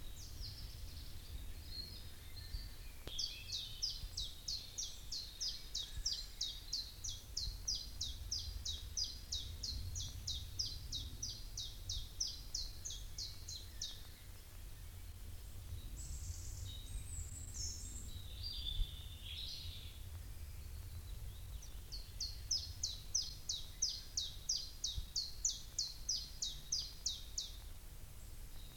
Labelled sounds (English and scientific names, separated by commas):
Common Chiffchaff (Phylloscopus collybita)